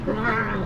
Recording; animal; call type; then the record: contact call of a hoofed animal; wild boar; grunt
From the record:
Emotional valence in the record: negative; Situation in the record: naturally occurring agonistic interactions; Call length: 0.66 s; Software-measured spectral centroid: 1300 Hz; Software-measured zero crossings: 1580 a second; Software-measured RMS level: -24 dBFS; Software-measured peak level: -10 dBFS